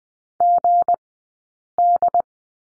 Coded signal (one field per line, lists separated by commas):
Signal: Morse code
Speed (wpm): 20 wpm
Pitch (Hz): 700 Hz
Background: none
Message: GD